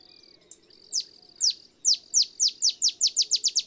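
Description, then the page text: Olive sparrow song: a soft high note, then a series of sharp descending chips that speed up into a bouncing-ball accelerating trill. Male singing in early morning in Texas, about 50 miles north of the Mexican border; simple songs recall a field sparrow's bouncing-ball song, less mellow and melancholy. "Birdsong for the Curious Naturalist. Olive sparrow"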